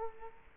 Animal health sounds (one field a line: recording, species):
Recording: mosquito wingbeat signal from an infrared sensor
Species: Culex quinquefasciatus